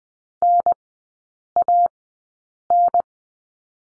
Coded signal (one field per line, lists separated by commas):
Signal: Morse code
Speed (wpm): 20 wpm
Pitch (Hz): 700 Hz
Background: none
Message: NAN